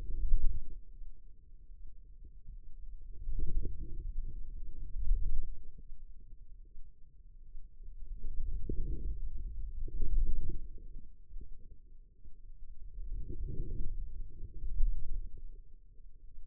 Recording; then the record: forearm muscle sounds (acoustic myography)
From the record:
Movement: wrist extension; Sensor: system 2, bracelet of six BSWA MPA416 microphones around the upper forearm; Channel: 3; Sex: female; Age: 25 years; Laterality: right